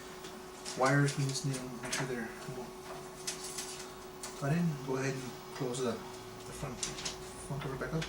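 Someone talks while a plastic front cover is handled and brought toward a PC case chassis to be closed back up, with a few short knocks and rattles of handling. The clip ends before the cover snaps shut, so nothing has seated or clicked yet.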